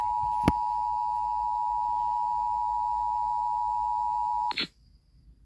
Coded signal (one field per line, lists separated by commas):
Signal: Emergency Alert System (SAME) tones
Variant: 853 and 960 Hz attention tone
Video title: Eas FFW for Lufkin tx On Wjon Eas#1286